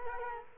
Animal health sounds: mosquito wingbeat signal from an infrared sensor; Culex quinquefasciatus

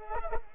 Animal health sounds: mosquito wingbeat signal from an infrared sensor; Culex pipiens

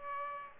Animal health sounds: mosquito wingbeat signal from an infrared sensor; Aedes aegypti

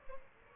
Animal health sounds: mosquito wingbeat signal from an infrared sensor; Aedes albopictus

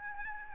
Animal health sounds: mosquito wingbeat signal from an infrared sensor; Aedes albopictus

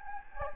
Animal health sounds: mosquito wingbeat signal from an infrared sensor; Anopheles gambiae

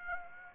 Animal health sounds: mosquito wingbeat signal from an infrared sensor; Aedes aegypti

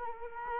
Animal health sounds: mosquito wingbeat signal from an infrared sensor; Culex quinquefasciatus

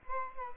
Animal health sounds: mosquito wingbeat signal from an infrared sensor; Aedes albopictus

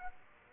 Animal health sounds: mosquito wingbeat signal from an infrared sensor; Aedes aegypti

